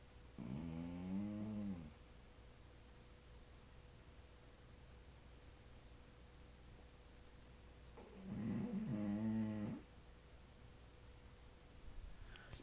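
Two long, low, droning breath sounds about eight seconds apart, each lasting roughly one and a half to two seconds, with quiet stretches between. This is a dog snoring, a vibration of the soft tissues of the airway during sleep. A faint steady hum runs underneath.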